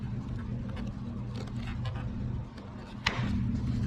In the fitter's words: Hear it snap? Yep.